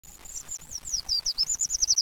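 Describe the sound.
Treecreeper calls: a rapid, continuous series of thin, very high, slurred notes lasting about two seconds, with faint background hiss.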